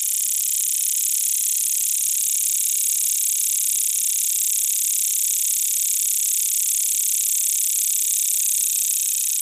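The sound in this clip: Cicada buzzing: a loud, unbroken, high-pitched whirring drone, even in strength from start to finish.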